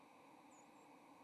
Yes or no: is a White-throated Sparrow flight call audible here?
yes